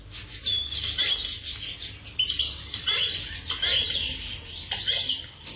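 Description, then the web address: Garden birds chirping and twittering, overlapping bright high notes in a busy chorus over a faint low hum. Assorted birds in a garden. "Sound Effects Special FX 2. Assorted Birds in Garden"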